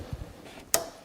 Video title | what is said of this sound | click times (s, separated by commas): VVT Control Solenoid Replacement - Trailblazer 4.2L | get it popped into place there and now I'm going to go about | 0.7 s